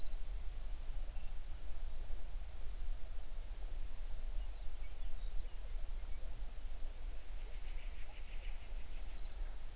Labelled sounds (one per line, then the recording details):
songbird
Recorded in the Prudhoe Bay oil fields, Alaska, on 11 June 2019 at 05:33
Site 21